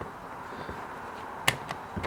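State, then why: Seated. The gray locking tab on an Audi Q7's parking sensor wiring harness connector is pushed back down and in until it locks into its connector housing. A sharp click at 1.5 s marks the tab locking into place, followed by a softer tick at 1.7 s and faint handling noise near 2.0 s, all over a steady low background hiss.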